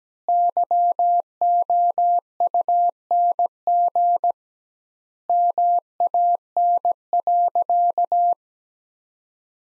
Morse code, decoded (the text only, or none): YOUNG MAN.